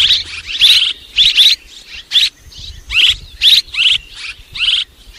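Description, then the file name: Swallow chirps in separate bursts of sharp notes with short gaps between. "Tieng en nguc ran en vang"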